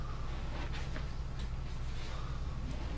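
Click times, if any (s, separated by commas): none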